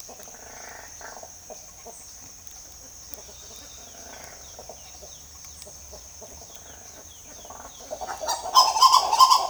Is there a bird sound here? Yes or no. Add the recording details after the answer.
yes. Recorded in pastures near Puerto Asís, Putumayo, Colombia, on 22 June 2025 at 08:00. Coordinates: 0.502, -76.324. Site G010